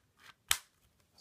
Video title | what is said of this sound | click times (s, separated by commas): Unboxing Dyson DC65 Animal Complete and Walkthrough | snaps into place i think this is for your cord seems like | 0.5 s